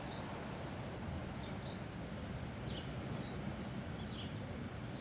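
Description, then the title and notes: Cicada song as short, high buzzy pulses repeated in quick uneven runs, over a steady roar of wind. Single cicada hiding in a garden all week; recorded on a day of constant mistral wind blowing through a pine tree. "Cicadas, pine and wind. Andy Cartwright. Music for Sleep"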